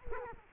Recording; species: mosquito wingbeat signal from an infrared sensor; Culex quinquefasciatus